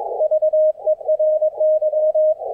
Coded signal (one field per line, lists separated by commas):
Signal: Morse code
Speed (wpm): 23 wpm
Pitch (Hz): 620 Hz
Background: none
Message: VERY